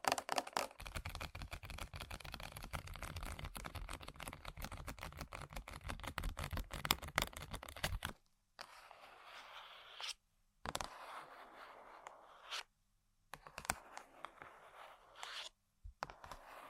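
ASMR tapping and scratching: eight seconds of dense, rapid scraping, then softer scratches broken by short silences and occasional sharp taps.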